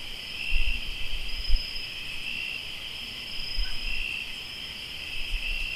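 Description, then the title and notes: Cricket chorus trilling continuously at high pitch, with intermittent low noise. Crickets in Tlayacapan, Morelos. "Sonidos de grillos en Tlayacapan - Morelos"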